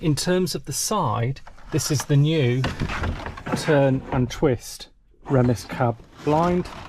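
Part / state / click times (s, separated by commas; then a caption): cab window blind into its frame lock / not seated / none. Someone talks while handling the new turn-and-twist Remis cab window blind in the cab of a 2024 Swift Escape 694 motorhome, working it toward its frame lock, which holds the blind at both the bottom and the top. The blind has not yet locked or clicked into place by the end of the clip.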